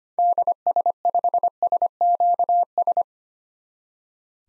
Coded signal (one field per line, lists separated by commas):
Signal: Morse code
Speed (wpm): 25 wpm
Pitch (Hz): 700 Hz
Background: none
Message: DS5SQS